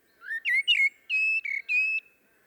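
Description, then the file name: Common blackbird song, a brief phrase of rich, flute-like whistled notes that slide gently in pitch. "Turdus merula"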